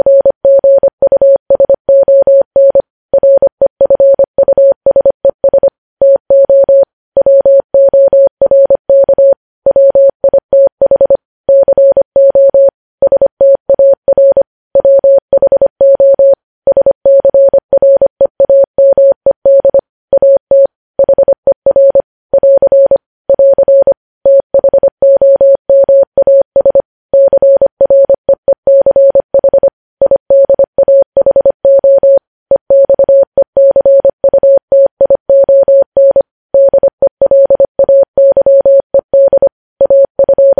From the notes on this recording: Morse code